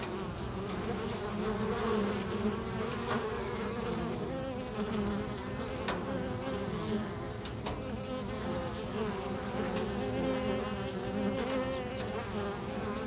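Bees buzzing in a dense sustained hum, overlapping wingbeat tones shifting slightly, with intermittent faint clicking sounds over the long drone.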